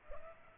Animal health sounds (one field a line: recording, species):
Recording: mosquito wingbeat signal from an infrared sensor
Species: Culex pipiens